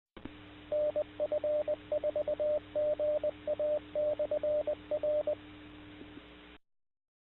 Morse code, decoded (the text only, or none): NF4GA/R